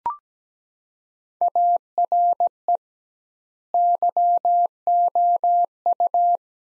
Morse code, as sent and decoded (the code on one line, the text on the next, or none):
.- .-. . / -.-- --- ..-
ARE YOU